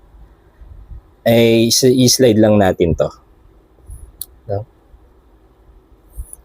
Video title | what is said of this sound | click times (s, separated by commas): OFF-GRID SOLAR - GENTAI POWER 12V 280AH LiFePO4 BATTERY TEARDOWN - DALY BMS ACTIVE BALANCER 4S 5A | yun. So may nag-lock na siya then umilaw yung inyong | 6.3 s